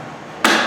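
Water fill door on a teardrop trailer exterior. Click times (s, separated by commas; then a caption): 0.5 s. A plastic water fill door on the exterior of a T@B teardrop trailer is shut after filling, to keep debris and bugs out of the water tank. After quiet background, a single sharp hit lands at about 0.5 s and fades over the following fraction of a second. The door shuts and seats closed.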